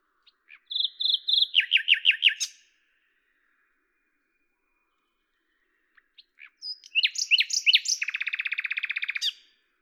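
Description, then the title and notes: Common nightingale song in two phrases: first a rapid series of chirps, then after a pause a varied phrase ending in a fast, buzzy trill. Recorded at Lavours, France, on 10 May 1998 with a Tascam DAP-1 recorder and a Telinga microphone; edited in Samplitude 5.1. "D83, 01350 Lavours, France - rossignol à LAVOURS. 10/05/1998"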